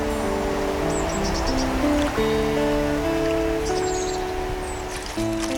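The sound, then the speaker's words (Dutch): A bucket dips into a protected river in the UK and scoops up water to test it for nitrates, sloshing over a steady rushing flow and a low constant hum; no one speaks. “Now taken out a bucket full of water.”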